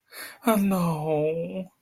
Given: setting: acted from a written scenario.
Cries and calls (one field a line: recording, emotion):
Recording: vocal sound without words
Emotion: sadness